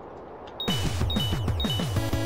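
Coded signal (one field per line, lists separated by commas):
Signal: none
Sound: game fight sound effects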